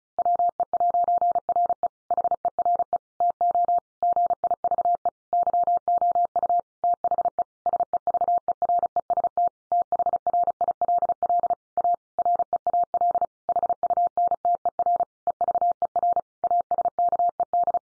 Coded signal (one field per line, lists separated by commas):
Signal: Morse code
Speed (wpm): 34 wpm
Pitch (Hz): 700 Hz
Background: none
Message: WE'RE HERE TO GIVE YOU THE SEVEREST THRILL A REAL HUNTER EVER ASKED